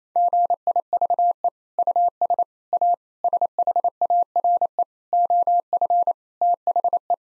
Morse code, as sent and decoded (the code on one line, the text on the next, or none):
--. .. ...- . / ..- ... / .- / ... .... .- .-. . / --- ..-. / - .... .
GIVE US A SHARE OF THE